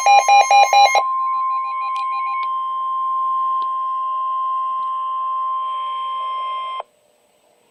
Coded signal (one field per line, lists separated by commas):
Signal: Emergency Alert System (SAME) tones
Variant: 1050 Hz attention tone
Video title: Severe Thunderstorm Warning (EAS #23)-NOAA